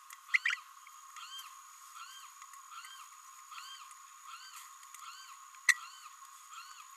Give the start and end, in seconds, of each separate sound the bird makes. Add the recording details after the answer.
0.34-0.38, 0.45-0.56, 5.67-5.74. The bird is a female. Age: 26 days. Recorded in a nest box in Venezuela. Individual 17B32A7